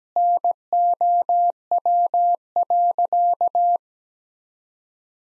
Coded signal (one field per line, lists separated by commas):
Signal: Morse code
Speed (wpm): 17 wpm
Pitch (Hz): 700 Hz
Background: none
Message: NOW.